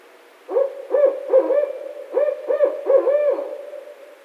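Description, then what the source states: Barred owl hooting in a rhythmic series of several deep, clipped hoots in two phrases over about three seconds, with a drawn-out final note. Recorded 16 March 2011.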